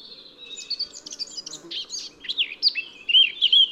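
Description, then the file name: Eurasian blackcap giving a continuous rapid warble of scratchy and squeaky notes that ends in brighter, louder fluted whistles, with a steady low background hum. "Sylvia atricapilla"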